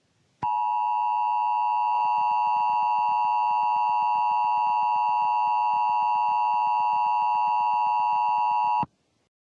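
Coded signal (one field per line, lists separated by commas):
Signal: Emergency Alert System (SAME) tones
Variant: 853 and 960 Hz attention tone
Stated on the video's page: Mock alert with real valid tones.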